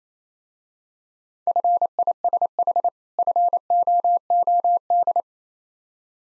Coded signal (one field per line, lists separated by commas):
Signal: Morse code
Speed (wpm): 27 wpm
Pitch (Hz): 700 Hz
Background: none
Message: FISH FOOD